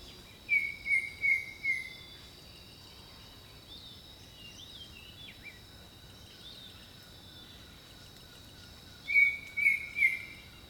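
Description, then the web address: Bird song: a phrase of three whistles, quieter chirps in between, then another three-note whistled phrase, with a constant high hum behind. Jungle birdsong. "Echoes of Nature - Jungle Talk 01 Jungle Birdsong"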